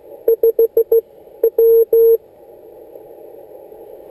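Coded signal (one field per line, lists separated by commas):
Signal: Morse code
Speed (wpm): 15 wpm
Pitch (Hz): 460 Hz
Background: none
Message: 5 W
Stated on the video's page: CW contact on 28.050 MHz, QRP 5 W mobile with Yaesu 817ND and MFJ 1610 antenna, sent on a homemade key built from bicycle parts.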